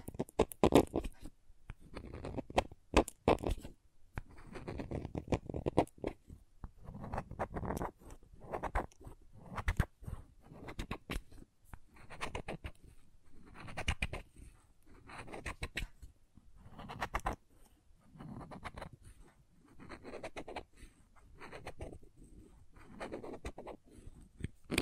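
Crayons tap, carve and scrape across a surface in a steady run of short strokes and clicks lasting the full 25 seconds. Sharp taps cluster early, then give way to rhythmic scratchy drawing passes roughly every second or two, dry and rasping, with quiet gaps between.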